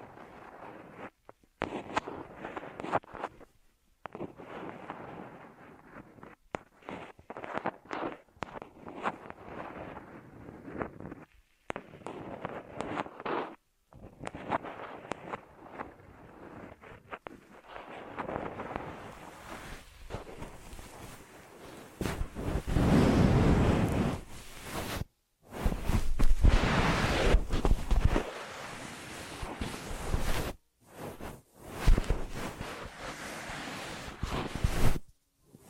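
Ear massage triggers: soft rubbing and brushing sounds come in bursts, broken by short silences. The first twenty seconds are lighter and bumpy; after that the rubbing grows louder and fuller, with rumbling, wind-like swells around 22 and 27 seconds.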